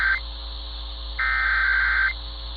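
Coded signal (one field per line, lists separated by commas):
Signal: Emergency Alert System (SAME) tones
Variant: header bursts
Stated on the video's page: EAS tests from NWS Memphis in Tennessee.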